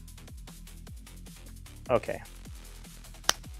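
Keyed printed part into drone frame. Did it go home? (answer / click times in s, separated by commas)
yes / 3.3 s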